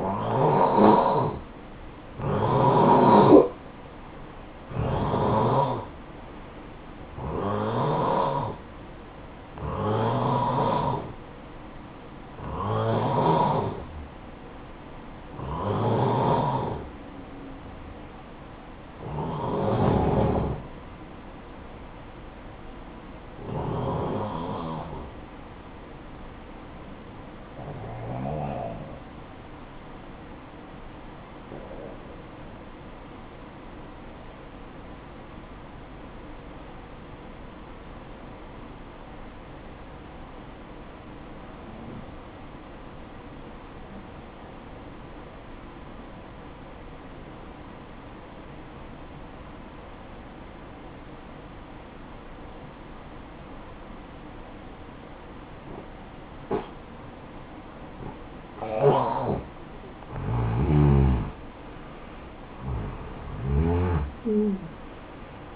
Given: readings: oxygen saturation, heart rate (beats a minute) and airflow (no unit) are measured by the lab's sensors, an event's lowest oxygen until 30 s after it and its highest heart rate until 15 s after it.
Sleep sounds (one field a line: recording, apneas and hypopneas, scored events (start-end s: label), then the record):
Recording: breathing in sleep by a voice recorder at the bedside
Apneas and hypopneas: 1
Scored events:
34.00-61.10 s: hypopnea (N2, oxygen 95% highest, then 89% lowest, heart rate 60 at the start, 74 highest)
From the record:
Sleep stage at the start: N2 (light sleep)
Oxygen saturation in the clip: 89 to 95%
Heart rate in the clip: 56 to 74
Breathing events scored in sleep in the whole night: 573 in 9.8 hours asleep